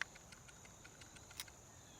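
A crossbow is cocked with a crank-driven cocking sled until the bowstring catches in the trigger latch, giving a single sharp click at 0.0 s. Faint, evenly spaced ticks follow, with a louder tick near 1.4 s. The string is seated in the trigger latch.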